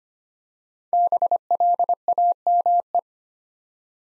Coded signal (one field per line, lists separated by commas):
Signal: Morse code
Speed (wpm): 25 wpm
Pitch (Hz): 700 Hz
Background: none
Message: BLAME